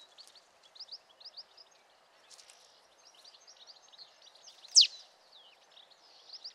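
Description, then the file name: Marsh tit calls: scattered short, high chips in small clusters, with one louder sharp downward-sweeping note near the end of the second half. "Poecile palustris"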